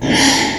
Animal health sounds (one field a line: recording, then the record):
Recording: squeal of a Yucatan mini pig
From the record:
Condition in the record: before surgery on the right vocal fold (resection and tissue-engineered implant)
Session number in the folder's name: 2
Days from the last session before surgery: 0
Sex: male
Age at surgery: 12 weeks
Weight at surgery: 13 kg